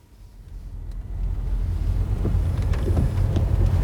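A car drives along, heard from inside, with a steady low engine rumble and road noise that swells during the first seconds, then holds level, with a few faint clicks and rattles on top. The car is searching for toads and salamanders crossing the road in the Midden-Kennemerland region.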